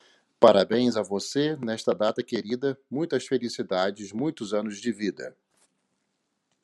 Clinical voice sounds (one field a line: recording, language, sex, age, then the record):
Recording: short text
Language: Brazilian Portuguese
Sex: male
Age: 50 to 59 years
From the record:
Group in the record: control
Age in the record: 52 years